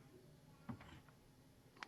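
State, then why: Seated. An LED sequential turn signal unit, a plastic housing with a clip and 3M tape backing, is pressed into its spot by the vehicle headlight/bumper area. Faint handling knocks and rustles at 0.7 s and 1.1 s lead to a sharp click at 1.8 s as the clip snaps into place. The unit is seated.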